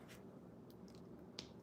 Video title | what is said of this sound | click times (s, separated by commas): Lego Live: Jessie Builds a Flower Pot | Wonder if you guys can hear the clicks. This one. | 1.4 s